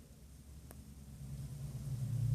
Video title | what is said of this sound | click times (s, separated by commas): The walking dead building set's series 2 blind bag figure's review (HD) | Torso with the crotch piece and it just pops right in | 0.7 s